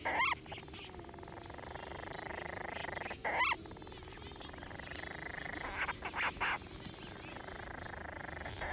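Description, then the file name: Monteiro's storm petrel calls: a steady churring, purring band broken by two loud squealing notes, then scattered short chattering notes. "Monteiros Storm Petrel Oceanodroma monteiroi"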